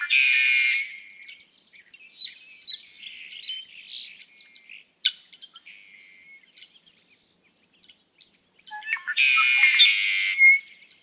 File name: Red-winged Blackbird